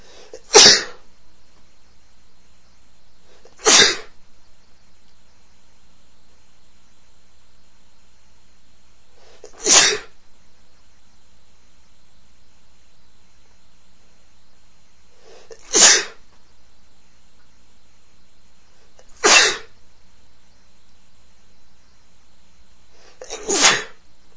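Six sharp, explosive sneezes from an adult man, spaced a few seconds apart over about 24 seconds.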